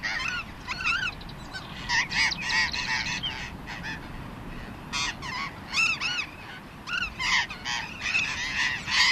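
Burrowing parakeet calls, harsh arched screeches in scattered bursts.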